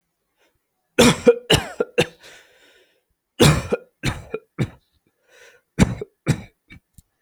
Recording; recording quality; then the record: heavy voluntary cough; excellent, no background noise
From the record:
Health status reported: healthy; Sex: male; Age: 25 years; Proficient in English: yes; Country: India